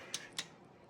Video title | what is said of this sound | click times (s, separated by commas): The Goober gets a BIG Cam! (Goober performance) | Just a little click there. That means it's reached its torque. | 0.4 s